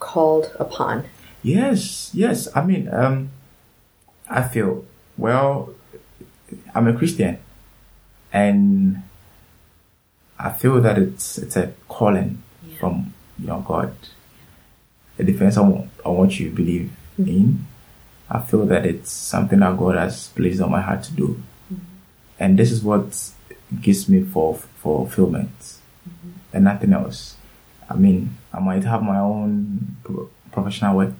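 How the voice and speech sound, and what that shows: Adult male speech from a man in Ghana who stammers, with word and sound repetitions, stretched sounds, and long silent blocks: stuttering (stammering).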